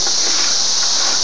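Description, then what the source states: Cicadas in a continuous shrill drone, an even high hiss. June 2004.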